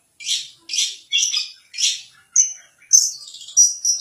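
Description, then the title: Long-tailed shrike song, four rasping notes in steady rhythm followed by thin high whistles and sharp chips. "Cendet"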